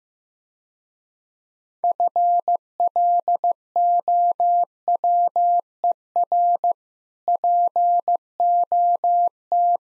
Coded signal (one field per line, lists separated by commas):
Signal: Morse code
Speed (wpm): 16 wpm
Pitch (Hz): 700 Hz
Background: none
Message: FLOWER POT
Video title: Easy Words - Speed-Racing with Hints - 15wpm